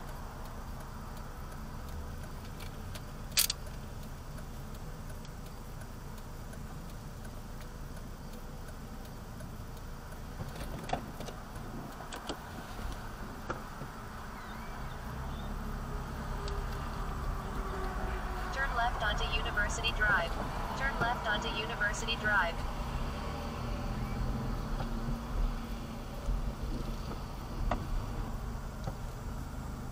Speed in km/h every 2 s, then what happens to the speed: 0, 0, 0, 0, 0, 0, 0, 0, 0, 3, 5, 3, 6, 5, 5.
0-16 standing. 16-30 steady at about 5.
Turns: none.